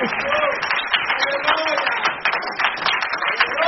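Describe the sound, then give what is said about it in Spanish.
An audience applauds with steady, dense clapping that runs for a few seconds, mixed with scattered voices and calls from the crowd. “¡Ay, qué aplauso más raquítico, hermano!”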